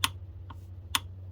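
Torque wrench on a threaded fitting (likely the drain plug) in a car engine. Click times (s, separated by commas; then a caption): 1.0 s. A torque wrench set to 25 Nm is ratcheted on a threaded oil-change fitting, likely the drain plug, on a BMW 520d (F10) engine, over a steady low hum. A sharp tick at 0.1 s and a faint tick around 0.5 s lead to a loud, crisp click at 1.0 s. That click is the wrench releasing at its 25 Nm setting.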